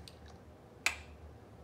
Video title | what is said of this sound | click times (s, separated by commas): My 5 best Designer and Niche Fragrances for 2020!!! Happy New Year 🥳 | awesome clicks into place okay | 0.9 s